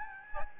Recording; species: mosquito wingbeat signal from an infrared sensor; Aedes albopictus